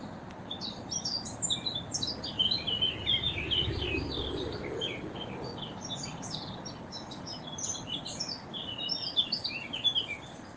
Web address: SETE Sylvia atricapilla